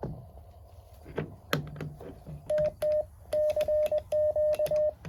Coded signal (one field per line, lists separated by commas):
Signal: Morse code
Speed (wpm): 21 wpm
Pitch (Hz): 610 Hz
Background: none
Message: TT CQ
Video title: Morse code POTA activation 10/14/2024